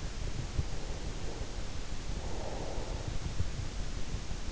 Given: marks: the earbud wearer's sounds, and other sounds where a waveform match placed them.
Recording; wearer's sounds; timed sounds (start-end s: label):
sounds in sleep by an in-ear microphone; breath
0.38-3.76 s: breath